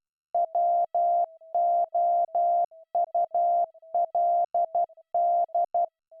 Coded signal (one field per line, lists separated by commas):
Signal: Morse code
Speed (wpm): 12 wpm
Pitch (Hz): 690 Hz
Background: none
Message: WOULD